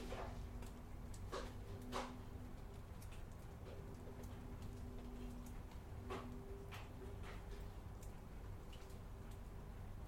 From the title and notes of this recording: Capturing the Mood of a Rainy Day From a Window. The sound of raindrops hitting the ground or a roof.